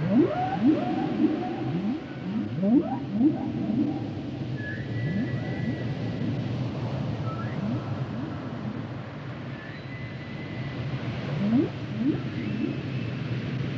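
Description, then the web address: Whale song: bursts of quick rising upsweeps in clustered series, with longer thin whistled tones between them, over a constant low rumble. "Natures Songs Whale Songs Whales and Dolphins - whale nature sounds songs"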